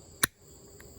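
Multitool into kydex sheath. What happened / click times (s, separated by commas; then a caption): The tool snapped into its rigid plastic sheath / 0.2 s. A GOAT TOOL multitool is slid into a kydex sheath fitted with a Spyderco G-clip and seats with one sharp, broadband click at 0.2 s, followed by a much fainter tick near 0.8 s. Steady high-pitched tones hum quietly underneath throughout. The multitool is fully seated in the sheath.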